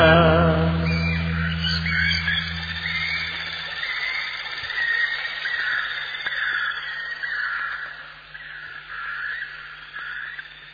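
Birds squawk and chatter almost without pause, a dense overlapping chorus of harsh, mid-to-high calls. A low steady hum sits underneath for the first few seconds, then fades away.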